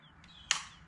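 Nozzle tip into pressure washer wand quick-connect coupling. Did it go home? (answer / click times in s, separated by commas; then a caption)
yes / 0.5 s. A nozzle tip is pushed into the quick-connect coupling on the wand of a Greenworks 2000 PSI pressure washer and, after several tries, seats with a small, sharp click at 0.5 s. A faint brush of contact comes near 0.2 s, and a quiet high tone hums in the background. The tip is confirmed locked in.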